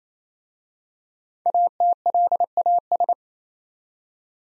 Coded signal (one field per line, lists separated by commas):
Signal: Morse code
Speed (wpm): 29 wpm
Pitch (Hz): 700 Hz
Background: none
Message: ATLAS